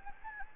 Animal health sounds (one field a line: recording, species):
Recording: mosquito wingbeat signal from an infrared sensor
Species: Anopheles gambiae